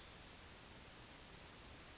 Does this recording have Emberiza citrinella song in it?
no